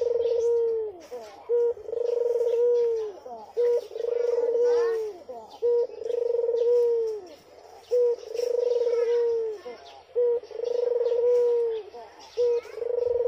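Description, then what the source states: Barbary dove with repeated purring coos, a quick short note followed by a drawn-out rolling phrase, cycling about every two seconds amid soft background twittering. White Barbary dove (puter putih), a masteran training sound played to songbirds.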